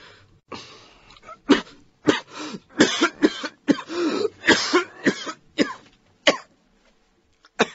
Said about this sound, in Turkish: Ah, öksürük. Beni boğacak.